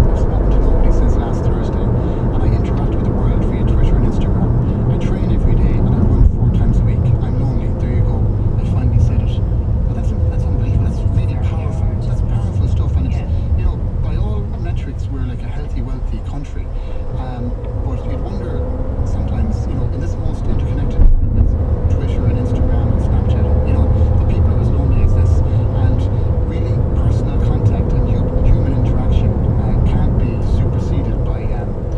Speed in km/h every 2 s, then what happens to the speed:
64, 60, 51, 39, 33, 28, 24, 15, 9, 14, 19, 24, 29, 32, 39, 41.
0-15 brakes to 9. 17-32 speeds up to 41.